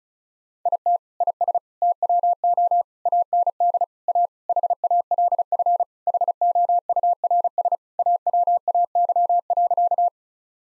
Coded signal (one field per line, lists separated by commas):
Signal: Morse code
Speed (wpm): 34 wpm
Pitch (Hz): 700 Hz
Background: none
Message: IT IS TWO AND A HALF HOURS AWAY.